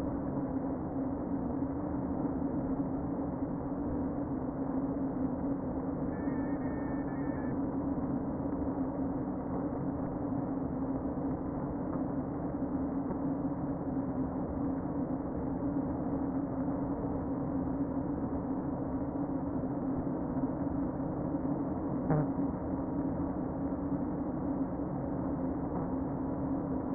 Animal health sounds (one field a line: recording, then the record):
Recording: honeybee colony, microphone inside the hive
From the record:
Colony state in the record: queen present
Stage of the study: before two queens were removed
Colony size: about 60,000 bees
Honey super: yes